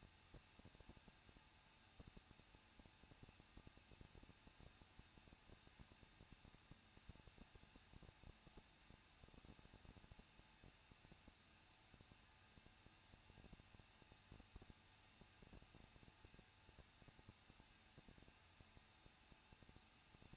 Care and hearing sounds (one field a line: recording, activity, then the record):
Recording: daily activity, microphone in the room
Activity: no activity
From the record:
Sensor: 2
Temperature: 21.0 degrees Celsius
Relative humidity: 37.5%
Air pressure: 1006.2 hPa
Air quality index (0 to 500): 222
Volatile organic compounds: 24 ppm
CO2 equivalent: 2821 ppm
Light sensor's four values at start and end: 2/3/2/2 and 2/3/2/2